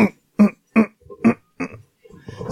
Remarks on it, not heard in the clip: She's trying to hold a cough in instead of just turning away and coughing, and you just hear that. So, that's what being sick gets you.